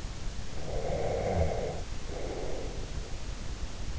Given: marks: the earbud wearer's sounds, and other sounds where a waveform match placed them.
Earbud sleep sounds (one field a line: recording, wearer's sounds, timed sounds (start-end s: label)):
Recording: sounds in sleep by an in-ear microphone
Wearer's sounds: breath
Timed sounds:
0.51-3.08 s: breath